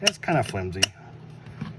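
Someone talks while handling the belt loop of a Hultafors fixed-blade knife sheath, a flimsier clip-on style, as it goes onto a belt. Sharp clicky handling ticks sound near 0.1 s and 0.8 s, followed by quiet rustling and a faint bump around 1.6 s. Nothing has seated or locked into place yet.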